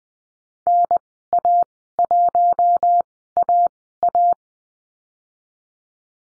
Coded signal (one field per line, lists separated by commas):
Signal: Morse code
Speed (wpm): 20 wpm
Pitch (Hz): 700 Hz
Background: none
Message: NA1AA